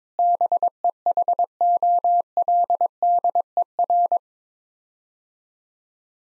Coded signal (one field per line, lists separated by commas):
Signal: Morse code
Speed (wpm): 22 wpm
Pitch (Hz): 700 Hz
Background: none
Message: BEHOLDER